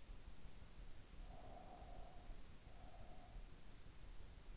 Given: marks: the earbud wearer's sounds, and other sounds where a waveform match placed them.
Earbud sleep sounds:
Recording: sounds in sleep by an in-ear microphone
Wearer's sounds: breath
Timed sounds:
1.18-3.66 s: breath

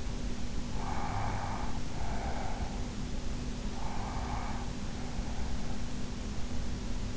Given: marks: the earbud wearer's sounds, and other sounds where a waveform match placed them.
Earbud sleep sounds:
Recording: sounds in sleep by an in-ear microphone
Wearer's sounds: breath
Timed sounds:
0.67-2.79 s: breath
3.76-5.99 s: breath

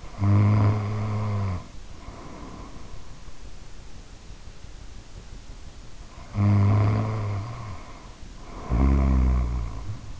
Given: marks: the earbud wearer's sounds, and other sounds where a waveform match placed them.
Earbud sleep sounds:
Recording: sounds in sleep by an in-ear microphone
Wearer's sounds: snoring breath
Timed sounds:
0.00-3.19 s: snoring breath
6.07-10.20 s: snoring breath

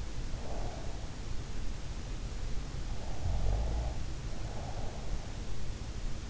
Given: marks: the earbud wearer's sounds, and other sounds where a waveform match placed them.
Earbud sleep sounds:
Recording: sounds in sleep by an in-ear microphone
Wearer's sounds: breath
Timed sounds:
0.27-2.27 s: breath
3.39-5.48 s: breath

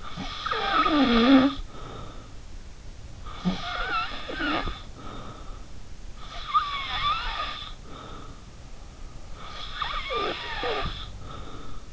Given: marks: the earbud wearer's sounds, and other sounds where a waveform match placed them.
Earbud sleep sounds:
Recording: sounds in sleep by an in-ear microphone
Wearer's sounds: snoring breath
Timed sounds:
0.00-2.33 s: snoring breath
3.23-5.70 s: snoring breath
6.15-8.48 s: snoring breath
9.35-11.93 s: snoring breath

